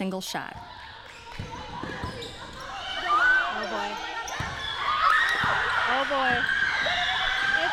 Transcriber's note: sound of the last seconds of the basketball game, the winning shot and cheering from players